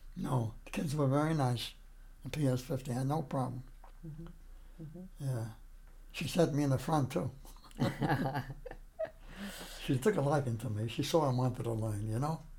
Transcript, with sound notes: No, the kids were very nice P.S. 15. I had no problem.
Uh-hmm, uh-hmm.
Yeah. She sat me in the front too. [laughter] She took a liking to me. She saw I wanted to learn, you know.